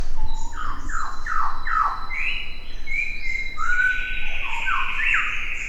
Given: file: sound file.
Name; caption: Tamborine-whistle; Example whistle songs of the female Albert's lyrebird recorded at Tamborine.